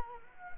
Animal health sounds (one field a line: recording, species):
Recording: mosquito wingbeat signal from an infrared sensor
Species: Culex quinquefasciatus